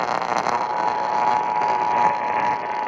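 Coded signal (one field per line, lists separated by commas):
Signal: Emergency Alert System (SAME) tones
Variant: 853 and 960 Hz attention tone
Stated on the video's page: Texas Required Monthly Test originated from KTRH-AM and WBAP-AM.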